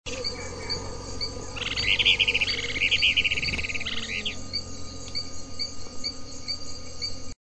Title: LuckyPassaro Completos2Sama. Plain-crested Elaenia (Elaenia cristata)